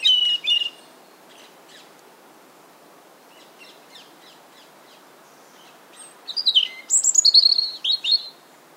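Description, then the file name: European robin song: a brief high warble at the start, faint notes, then a louder phrase of high whistles and trills near the end, over constant hiss. "Erithacus rubecula"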